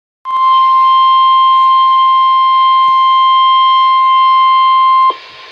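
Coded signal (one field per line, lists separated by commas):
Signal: Emergency Alert System (SAME) tones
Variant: 1050 Hz attention tone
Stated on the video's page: Compilation of EAS alert captures including a Required Weekly Test, Flash Flood Watches and High Wind Warnings.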